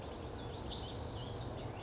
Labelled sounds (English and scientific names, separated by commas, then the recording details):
Spotted Towhee (Pipilo maculatus)
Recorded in Sonoma County, California